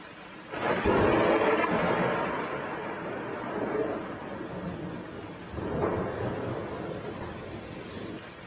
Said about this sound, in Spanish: Pasaba por aquí y me ha sorprendido la tormenta.